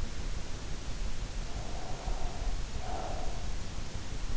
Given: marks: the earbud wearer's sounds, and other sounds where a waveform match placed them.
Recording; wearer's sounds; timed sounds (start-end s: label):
sounds in sleep by an in-ear microphone; breath
1.36-3.50 s: breath